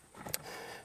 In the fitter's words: there you go she's lined back up these are just pressure Clips they clip in with an audible click